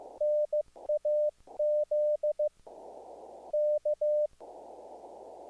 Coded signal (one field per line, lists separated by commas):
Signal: Morse code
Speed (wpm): 14 wpm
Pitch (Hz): 600 Hz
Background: none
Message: NAZ K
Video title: HF Signals zBitX. Internal FT8, All Band All Mode, Pocket SDR Ham Radio!